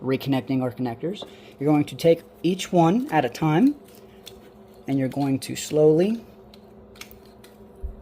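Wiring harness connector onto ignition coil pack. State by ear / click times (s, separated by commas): not seated / none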